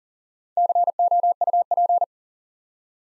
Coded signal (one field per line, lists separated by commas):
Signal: Morse code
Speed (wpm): 40 wpm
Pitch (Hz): 700 Hz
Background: none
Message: COUP